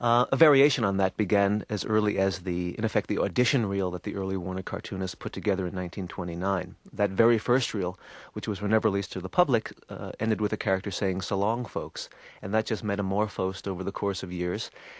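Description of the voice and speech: A man speaks in a low, steady voice at an even, fluent pace, with brief natural pauses between phrases. Articulation is clear, with no repetitions, blocks, slurring or hoarseness. This is ordinary connected speech from a single speaker.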